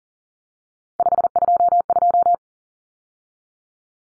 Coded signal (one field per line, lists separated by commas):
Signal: Morse code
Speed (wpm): 40 wpm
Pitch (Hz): 700 Hz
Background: none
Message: 522